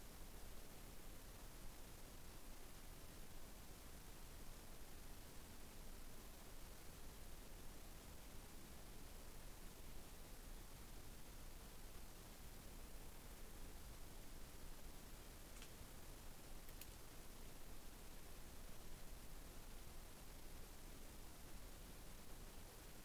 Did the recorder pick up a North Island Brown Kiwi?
no